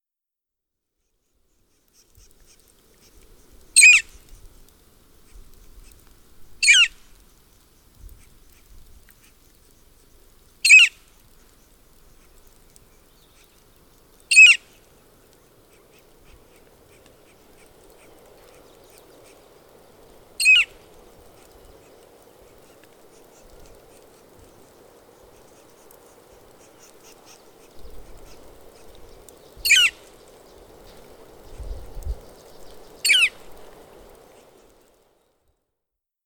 Northern Flicker call recorded in Moraine Park in Rocky Mountain National Park.